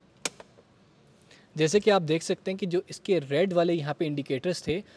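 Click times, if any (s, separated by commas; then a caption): 0.3 s. A child car seat's ISOFIX connector is pushed onto the metal anchor bar and gives a sharp click at 0.3 s, followed by a fainter tick. It is then securely seated, with its red indicators turned green. Someone talks afterward.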